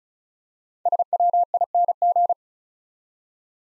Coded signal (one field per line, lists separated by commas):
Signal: Morse code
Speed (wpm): 36 wpm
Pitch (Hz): 700 Hz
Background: none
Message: SWING